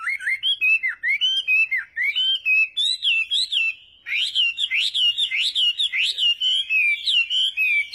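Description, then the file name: Chinese hwamei song: loud, clear whistled phrases rising and falling, each note repeated several times in quick bouncing series, growing higher and richer after a short pause. "Tieng hoa mi hot"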